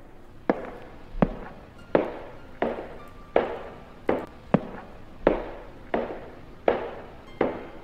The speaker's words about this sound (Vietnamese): Hắn bước đi, mà thậm chí nghe tiếng bước chân của mình cũng rùng mình. Vốn dĩ là một thằng gan cùng trời, ấy thế nhưng bây giờ, ở nơi đây, nghe tiếng bước chân của chính hắn mà còn thấy gai gai người.